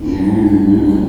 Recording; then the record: squeal of a Yucatan mini pig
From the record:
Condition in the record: after surgery on the right vocal fold (resection and tissue-engineered implant); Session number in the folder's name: 2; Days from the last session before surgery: 13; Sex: male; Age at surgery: 12 weeks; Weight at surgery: 13 kg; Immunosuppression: cyclosporine, prednisolone